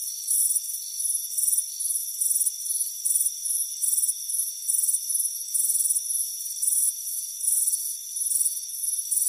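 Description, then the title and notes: Cricket chorus with rhythmic high chirp bursts, roughly one and a half per second, layered over a constant shrill insect drone. "Soothing Crickets Chirping Sound. It's a warm afternoon as you relax in a hammock on the front porch. Relax and fall asleep to the soothing sound of chirping crickets. Deep Sleep Sounds"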